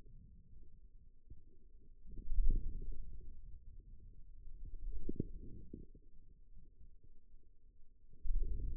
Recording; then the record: forearm muscle sounds (acoustic myography)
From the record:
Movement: wrist extension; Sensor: system 2, bracelet of six BSWA MPA416 microphones around the upper forearm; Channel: 4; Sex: male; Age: 22 years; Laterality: right